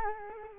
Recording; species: mosquito wingbeat signal from an infrared sensor; Culex quinquefasciatus